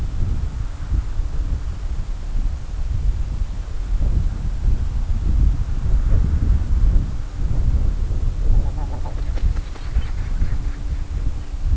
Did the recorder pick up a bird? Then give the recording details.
yes. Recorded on Arctic tundra, site CORI-1, on 20 June 2018. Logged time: 20:00